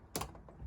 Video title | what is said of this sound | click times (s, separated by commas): Chausson Flash 610 2016 | So push it until it goes click, | 0.2 s